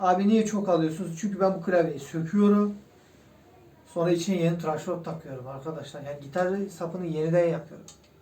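During a guitar neck adjustment, a newly fitted part (possibly the truss rod or the neck in its pocket) is handled on the guitar neck/body while a man talks, with a quiet pause from about 2.9 to 3.9 s. Nothing has seated or clicked yet; the part has not gone fully home by the end of the clip.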